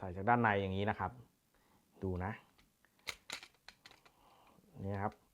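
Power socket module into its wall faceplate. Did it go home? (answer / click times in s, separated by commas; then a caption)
no / none. A power socket module is handled by hand against the back of its plastic wall faceplate while someone talks, with a brief burst of sharp handling and crinkling sounds around 3.1 to 3.9 seconds between the speech. Nothing has seated or clicked yet; the module is not yet snapped home in the faceplate when the clip ends.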